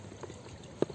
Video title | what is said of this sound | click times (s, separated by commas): Honest Review - McGregor 40cm Lawn Mower Review 1900W | make sure you do click it in the right way there it's in how | 0.8 s